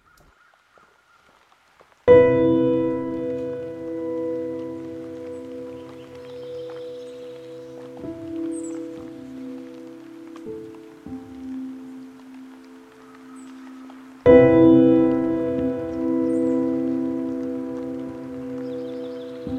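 On the Patricia Lake Loop Trail, a bell-like tone is struck twice, near the start and two-thirds through, each ringing long and slowly fading.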